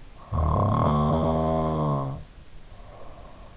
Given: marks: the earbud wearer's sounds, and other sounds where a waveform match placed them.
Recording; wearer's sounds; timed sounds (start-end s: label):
sounds in sleep by an in-ear microphone; snoring breath
0.31-3.56 s: snoring breath